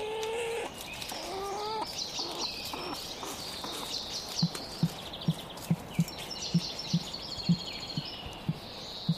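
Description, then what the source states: Weka deep call: a steady series of low, short booming pulses, after a few higher harmonic calls at the start. Male that has accepted a bit of meat, calling his female to pass the food on; small territory about half a hectare; males keen to re-nest feed their females.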